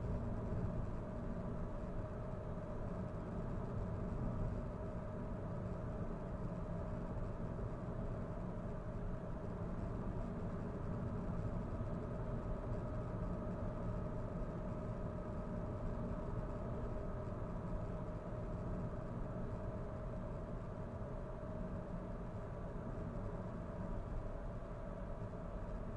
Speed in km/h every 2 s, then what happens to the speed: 59, 58, 58, 58, 59, 58, 58, 58, 58, 58, 59, 59, 60.
0-26 steady at about 58.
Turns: none.